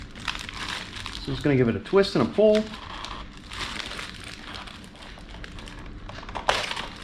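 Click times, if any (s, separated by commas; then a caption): 6.5 s. Inside a plastic bag, a paper oil filter element is twisted and pulled off the plastic housing cap of a BMW i8's oil filter housing, where it locks in place; the bag is there so oil doesn't go flying when the two separate. Bag crinkling runs throughout while someone talks. A sharp hit at 6.5 s marks the element unlatching and releasing from the cap.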